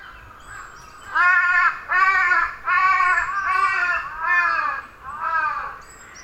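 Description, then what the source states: Bird calls: several harsh, drawn-out, nasal cawing notes in a loose series. Recorded in October 2006.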